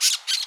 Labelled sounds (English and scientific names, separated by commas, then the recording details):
Brown-throated Parakeet (Eupsittula pertinax) contact call
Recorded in Curacao
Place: along powerline, near entrance of Santa Barbara resort
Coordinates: 12.068, -68.844